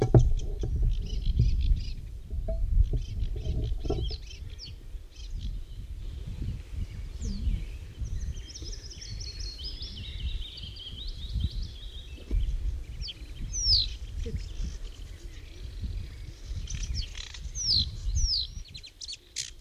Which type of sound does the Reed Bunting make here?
song